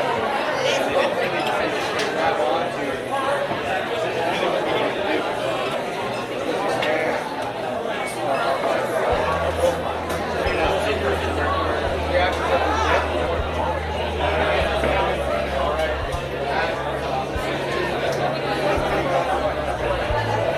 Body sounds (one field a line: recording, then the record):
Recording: background sound without coughing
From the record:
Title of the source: CITY SOUNDS Busy Bar in the Evening Night - 2 HOURS of Ambiance for Relaxation